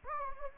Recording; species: mosquito wingbeat signal from an infrared sensor; Anopheles gambiae